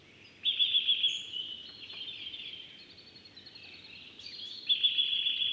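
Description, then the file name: Eurasian nuthatch calling in rapid trilled series of piping notes, one burst at the start and one near the end, softer twittering carrying on between them. "Sitta europaea"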